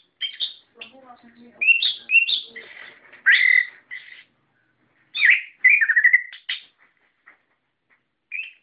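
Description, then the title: Bird song, loud chirped and whistled phrases with quieter low notes early on, then a long, nearly silent pause before a final note. "SuaraBurung Kicau4"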